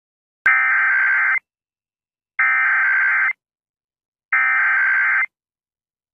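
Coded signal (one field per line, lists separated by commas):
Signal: Emergency Alert System (SAME) tones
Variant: header bursts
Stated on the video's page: Amber Alert received on WJON.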